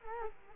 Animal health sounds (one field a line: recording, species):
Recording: mosquito wingbeat signal from an infrared sensor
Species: Culex quinquefasciatus